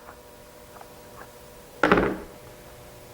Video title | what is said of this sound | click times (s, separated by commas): Leg Dvd 3 01 | and we just got to get spread out enough to get it over the control horn snaps | 1.8 s